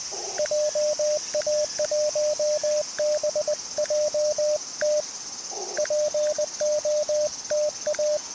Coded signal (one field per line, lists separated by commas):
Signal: Morse code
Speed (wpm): 20 wpm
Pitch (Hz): 590 Hz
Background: radio noise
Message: JA1BJT POTA